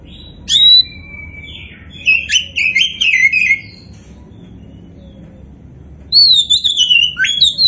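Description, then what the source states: Oriental magpie-robin with a melodious song: a sharp whistle, then a tumbling chattery phrase, and a bright whistled run at the end. Kacer poci variety, described as gacor (singing vigorously).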